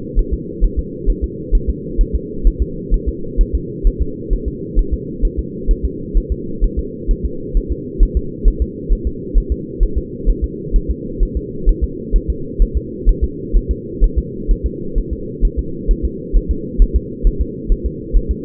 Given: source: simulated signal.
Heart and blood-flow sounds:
fetal heart sounds
0.19 s: S1
0.34 s: S2
0.65 s: S1
0.79 s: S2
1.10 s: S1
1.24 s: S2
1.55 s: S1
1.70 s: S2
2.01 s: S1
2.15 s: S2
2.47 s: S1
2.62 s: S2
2.94 s: S1
3.09 s: S2
3.41 s: S1
3.55 s: S2
3.87 s: S1
4.02 s: S2
4.33 s: S1
4.48 s: S2
4.79 s: S1
4.94 s: S2
5.25 s: S1
5.39 s: S2
5.71 s: S1
5.85 s: S2
6.18 s: S1
6.32 s: S2
6.64 s: S1
6.79 s: S2
7.11 s: S1
7.25 s: S2
7.57 s: S1
7.72 s: S2
8.03 s: S1
8.17 s: S2
8.48 s: S1
8.62 s: S2
8.93 s: S1
9.07 s: S2
9.38 s: S1
9.52 s: S2
9.83 s: S1
9.98 s: S2
10.29 s: S1
10.44 s: S2
10.76 s: S1
10.91 s: S2
11.23 s: S1
11.37 s: S2
11.69 s: S1
11.84 s: S2
12.16 s: S1
12.30 s: S2
12.62 s: S1
12.77 s: S2
13.09 s: S1
13.24 s: S2
13.57 s: S1
13.71 s: S2
14.04 s: S1
14.18 s: S2
14.51 s: S1
14.66 s: S2
14.98 s: S1
15.13 s: S2
15.45 s: S1
15.59 s: S2
15.91 s: S1
16.05 s: S2
16.37 s: S1
16.51 s: S2
16.82 s: S1
16.96 s: S2
17.27 s: S1
17.41 s: S2
17.72 s: S1
17.86 s: S2
18.17 s: S1
18.31 s: S2
From the record:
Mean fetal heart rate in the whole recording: 130 bpm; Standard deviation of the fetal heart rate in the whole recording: 2 bpm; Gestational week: 38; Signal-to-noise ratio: -4.3 dB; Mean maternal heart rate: 72 bpm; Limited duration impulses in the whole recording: absent

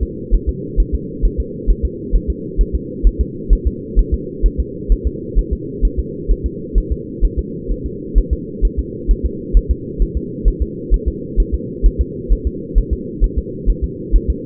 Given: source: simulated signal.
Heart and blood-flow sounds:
fetal heart sounds
0.03 s: S2
0.34 s: S1
0.49 s: S2
0.80 s: S1
0.95 s: S2
1.25 s: S1
1.40 s: S2
1.70 s: S1
1.85 s: S2
2.15 s: S1
2.30 s: S2
2.61 s: S1
2.75 s: S2
3.07 s: S1
3.21 s: S2
3.53 s: S1
3.67 s: S2
3.99 s: S1
4.14 s: S2
4.46 s: S1
4.60 s: S2
4.92 s: S1
5.07 s: S2
5.39 s: S1
5.53 s: S2
5.85 s: S1
6.00 s: S2
6.31 s: S1
6.46 s: S2
6.78 s: S1
6.92 s: S2
7.25 s: S1
7.39 s: S2
7.72 s: S1
7.86 s: S2
8.18 s: S1
8.33 s: S2
8.65 s: S1
8.79 s: S2
9.11 s: S1
9.25 s: S2
9.57 s: S1
9.71 s: S2
10.02 s: S1
10.17 s: S2
10.48 s: S1
10.62 s: S2
10.94 s: S1
11.08 s: S2
11.40 s: S1
11.54 s: S2
11.86 s: S1
12.01 s: S2
12.32 s: S1
12.47 s: S2
12.78 s: S1
12.93 s: S2
13.24 s: S1
13.38 s: S2
13.69 s: S1
13.84 s: S2
14.16 s: S1
14.30 s: S2
From the record:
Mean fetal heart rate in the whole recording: 130 bpm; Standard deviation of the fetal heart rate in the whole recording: 2 bpm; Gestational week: 36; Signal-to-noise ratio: -4.1 dB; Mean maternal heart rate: no maternal heart sound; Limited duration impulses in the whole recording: absent

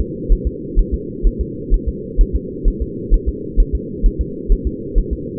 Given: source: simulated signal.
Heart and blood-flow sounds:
fetal heart sounds
0.01 s: S2
0.32 s: S1
0.47 s: S2
0.79 s: S1
0.94 s: S2
1.27 s: S1
1.41 s: S2
1.74 s: S1
1.88 s: S2
2.21 s: S1
2.36 s: S2
2.68 s: S1
2.82 s: S2
3.14 s: S1
3.29 s: S2
3.60 s: S1
3.75 s: S2
4.06 s: S1
4.21 s: S2
4.52 s: S1
4.67 s: S2
4.99 s: S1
5.13 s: S2
From the record:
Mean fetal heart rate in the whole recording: 130 bpm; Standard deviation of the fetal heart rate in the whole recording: 2 bpm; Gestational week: 38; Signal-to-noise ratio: -4.1 dB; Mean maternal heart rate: no maternal heart sound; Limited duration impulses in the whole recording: absent

